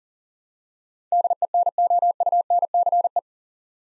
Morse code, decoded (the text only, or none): DENOUNCE